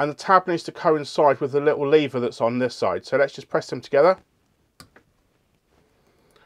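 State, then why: Seated. On an Ooznest WorkBee CNC build, a limit switch cable plug is pressed into its mating connector, with the tab on one side lined up with the small latch lever. Someone talks, then after a pause a sharp click at 4.8 s shows the connector has seated, followed by a few faint ticks.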